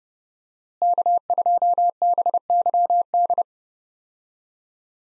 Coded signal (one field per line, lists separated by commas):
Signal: Morse code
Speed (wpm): 31 wpm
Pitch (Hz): 700 Hz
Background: none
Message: K2BYD